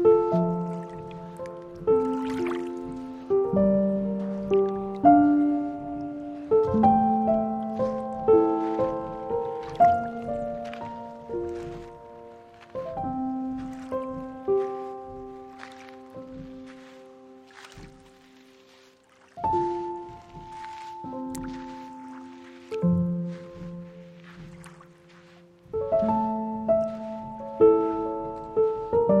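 Piano and strings play slow, sustained chords that shift every second or two, each note ringing and fading, over soft low drones. Small wet lapping and dripping sounds flicker through the quiet gaps. The music thins out around 18 to 20 seconds, then swells again.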